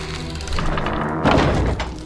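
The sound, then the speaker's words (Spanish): A door is swung shut by a woman to keep someone from leaving, with a dull, heavy thud partway through, following a low rumbling movement, and a muffled low hum lingers afterward. No one speaks. “La mujer cierra la puerta reteniendo e impidiendo la salida.”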